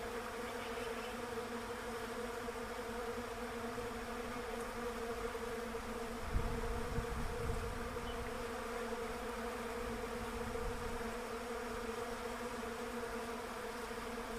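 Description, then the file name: Bees humming in a steady drone, interrupted around the middle by a short burst of low rumbling. Bees in a Russian olive tree. "romancito bees-in-a-russian-olive-tree"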